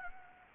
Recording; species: mosquito wingbeat signal from an infrared sensor; Anopheles gambiae